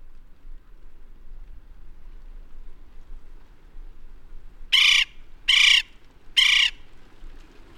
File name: west indian woodpecker